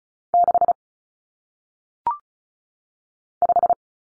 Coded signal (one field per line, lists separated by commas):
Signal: Morse code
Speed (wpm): 36 wpm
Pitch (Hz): 700 Hz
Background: none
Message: 6 5